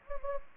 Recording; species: mosquito wingbeat signal from an infrared sensor; Anopheles gambiae